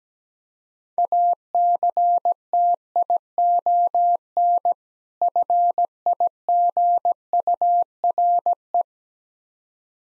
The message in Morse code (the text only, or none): ACTION FIGURE